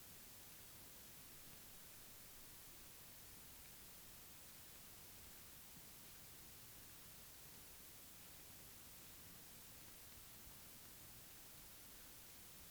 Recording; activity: daily activity, guitar pickup as the sensor; walk